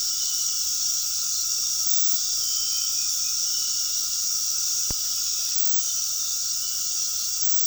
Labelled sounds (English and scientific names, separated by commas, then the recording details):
none
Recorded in pastures near Puerto Asís, Putumayo, Colombia, on 19 February 2024 at 20:30
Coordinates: 0.468, -76.328
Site G6414